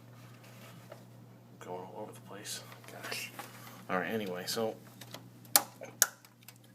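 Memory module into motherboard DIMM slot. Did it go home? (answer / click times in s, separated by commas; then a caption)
yes / 5.6 s, 6.0 s. A RAM memory module is pushed down into a motherboard DIMM slot until the retaining clips snap closed, after someone talks briefly. Two loud, sharp clicks ring out at 5.6 s and 6.0 s, with a few faint taps around them. The module is seated.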